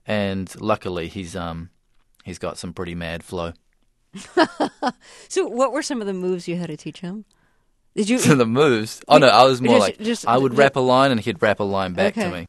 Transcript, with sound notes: And luckily he's got some pretty mad flow.
(SOUNDBITE OF LAUGHTER)
So what were some of the moves you had to teach him? Did you...
For the moves? Oh, no. I was more like I would rap a line and he would rap a line back to me.